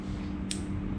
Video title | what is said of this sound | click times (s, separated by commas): [ JAKA : Part 1 ] Unboxing & Persiapan Printer DTF JAKA | dengar kan bunyi klik kita putar ke arah jam 09.00 atau jam 10.00 bebas | 0.5 s